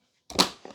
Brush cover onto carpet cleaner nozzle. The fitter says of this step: this click and that click that's installed now